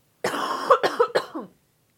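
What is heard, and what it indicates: Three quick, voiced, harsh coughs in a row from an adult woman who has been sick for over two weeks and has not fully recovered; her voice is affected too.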